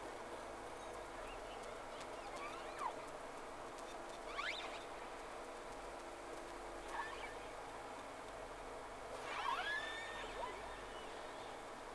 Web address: Sea Snake 10-3-06 Whales X 2 11-30 Round 1